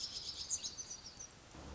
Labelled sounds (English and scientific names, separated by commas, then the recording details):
Pacific Wren (Troglodytes pacificus)
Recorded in Sonoma County, California